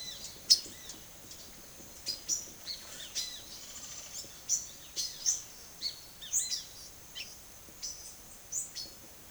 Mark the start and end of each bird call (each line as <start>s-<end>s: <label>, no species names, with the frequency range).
0.00s-0.98s: bird call (1.1-12.3 kHz)
2.01s-5.41s: bird call (0.4-11.9 kHz)
5.72s-8.94s: bird call (1.0-11.4 kHz)